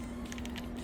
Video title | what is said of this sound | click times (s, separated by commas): Can Mess Toys Keep Up the Hot-Streak? - Mess Toys Venom (Lethal Neighbor) Review | That's when it pops off. | 0.3 s, 0.4 s, 0.5 s, 0.6 s